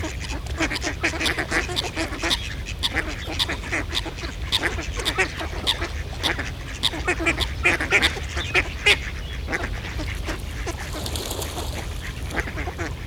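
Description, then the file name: Ducks calling in rapid, clipped quacks, a lively flock chorus with a few higher notes mixed in. Ducks in a pond. "Eenden in een vijver - Sound Cloud - Beeld en Geluid"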